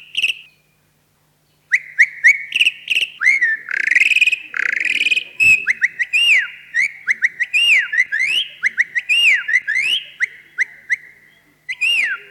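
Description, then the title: Javan pied starling in a lively stream of clear arched whistles and quick chirps, broken by harsh scratchy notes, pausing briefly near the start and end. "Jalak Uren"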